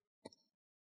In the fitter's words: you want to push the corner the back end you want to hear those click sounds that's what you want to hear